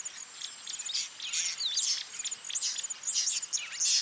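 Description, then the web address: Birds chirping, with high thin squeaks and swooping whistles. Birds singing in a bird park. "zvuk peniya ptits v parke ptits eschyo park ptits"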